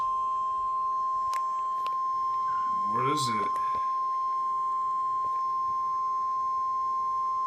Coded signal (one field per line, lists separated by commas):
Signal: Emergency Alert System (SAME) tones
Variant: 1050 Hz attention tone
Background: speech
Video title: EAS Alert #3: Tornado Warning for Benton, Carroll, and Madison counties in Arkansas.